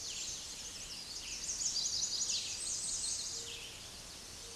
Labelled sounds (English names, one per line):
Chestnut-sided Warbler song